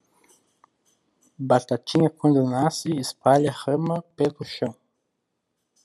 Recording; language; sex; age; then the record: short text; Brazilian Portuguese; male; 20 to 29 years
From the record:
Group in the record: control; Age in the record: 26 years